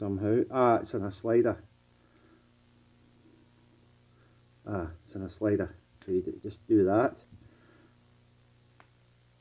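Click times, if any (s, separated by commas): 8.8 s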